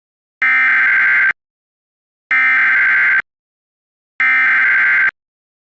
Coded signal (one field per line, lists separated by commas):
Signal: Emergency Alert System (SAME) tones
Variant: header bursts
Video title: EAS Scenario 12: EAS Malfunction (10 Subscriber Special)